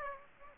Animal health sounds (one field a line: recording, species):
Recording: mosquito wingbeat signal from an infrared sensor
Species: Aedes aegypti